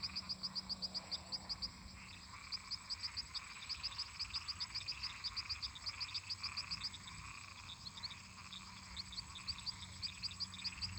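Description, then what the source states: Frog chorus: dense overlapping calls, quick high pulsed clicks in bursts above a throbbing mid-pitched croaking layer, with a low hum underneath. Many toads and frogs calling in a marsh.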